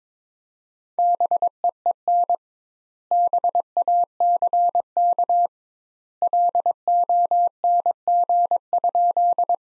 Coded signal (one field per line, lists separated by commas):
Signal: Morse code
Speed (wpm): 22 wpm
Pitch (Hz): 700 Hz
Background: none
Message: BEEN BACK LONG?